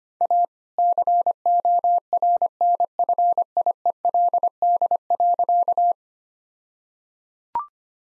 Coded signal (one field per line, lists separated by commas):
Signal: Morse code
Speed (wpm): 25 wpm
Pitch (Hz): 700 Hz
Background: none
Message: A CORNFIELD.